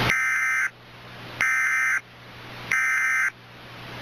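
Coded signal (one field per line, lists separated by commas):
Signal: Emergency Alert System (SAME) tones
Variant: end-of-message bursts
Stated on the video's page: Fictional analog-horror EAS scenario.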